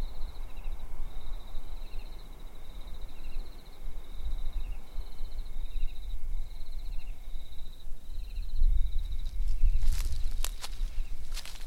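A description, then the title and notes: Crickets chirp in steady, evenly spaced pulses over a low rumble of wind in the grass, with a few sharp rustles near the end. The only sounds around you are the chirping of the crickets and the light wind in the grass.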